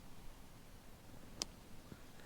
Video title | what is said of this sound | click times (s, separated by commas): How to clean marine spark plugs and thermostat - FK & Camera | you hear that click it means just power plug is good to go | 1.4 s